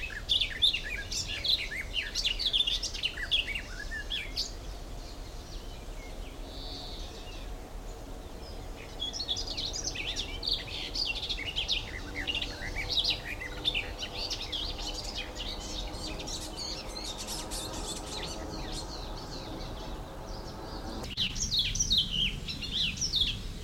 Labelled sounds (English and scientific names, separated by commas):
Garden Warbler (Sylvia borin)